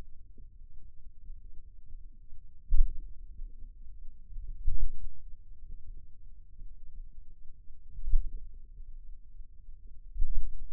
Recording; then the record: forearm muscle sounds (acoustic myography)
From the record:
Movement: pen grasping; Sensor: system 2, bracelet of six BSWA MPA416 microphones around the upper forearm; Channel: 5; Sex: male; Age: 22 years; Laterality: right